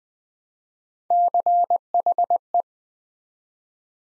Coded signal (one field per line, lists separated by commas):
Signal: Morse code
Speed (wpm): 20 wpm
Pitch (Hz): 700 Hz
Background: none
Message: CHE